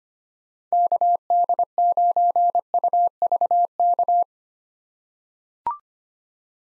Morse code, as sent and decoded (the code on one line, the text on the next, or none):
-.- -.. ----. ..- ...- -.-
KD9UVK